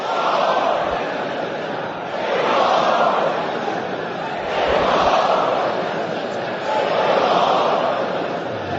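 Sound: crowd chanting slogans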